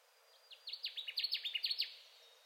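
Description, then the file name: Connecticut warbler: a single bright, rhythmic burst of repeated chirpy notes over quiet steady background noise. Recorded 10 June 2021; the recording holds seven songs. "2021-06-10-Connecticut Warbler 7 songs"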